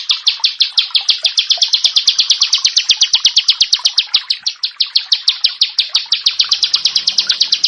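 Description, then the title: Bar-winged prinia delivering a rapid, slightly uneven string of high, sharp chip notes throughout. "Ciblek Sawah 1"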